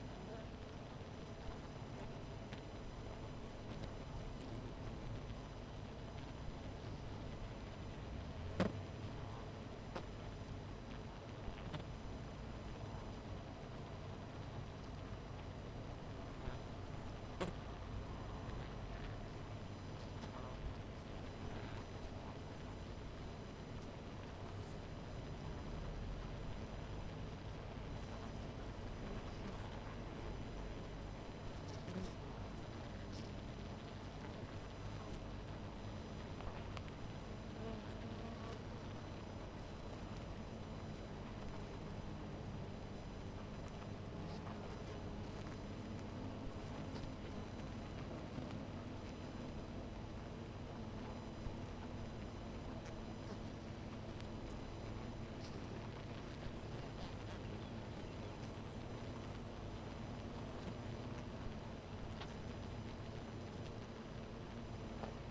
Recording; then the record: honeybee colony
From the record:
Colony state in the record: missing queen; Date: 14 July 2017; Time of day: 12:03